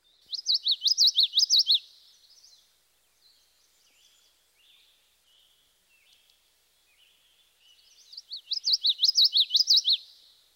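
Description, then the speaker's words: Common Yellowthroat song, a rolling series of quick connected witchity phrases lasting under two seconds, repeated after a six-second pause filled with faint soft notes. Classic witchity, witchity song; notes normally connected, giving a rolling quality; song may vary regionally. "The classic yellowthroat song is often represented as witchity, witchity, witchity."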